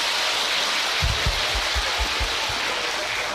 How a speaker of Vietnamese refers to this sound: Hôm nay các em tăng thêm phước báo hay là mất đi phước báo? Cho chàng vỗ tay lớn nhất.